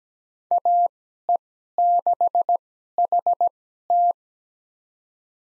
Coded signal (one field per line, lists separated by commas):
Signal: Morse code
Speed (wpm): 17 wpm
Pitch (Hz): 700 Hz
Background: none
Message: AE6HT